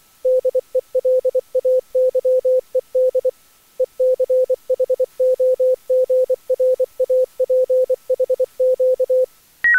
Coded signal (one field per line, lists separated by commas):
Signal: Morse code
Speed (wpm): 23 wpm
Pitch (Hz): 510 Hz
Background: none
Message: DELAYED ECHOGRAPH Q